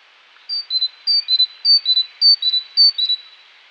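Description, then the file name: Great tit calling, a clear high two-note whistle, the first note higher, repeated five times at a steady rhythm, about one pair every half second. "Parus major"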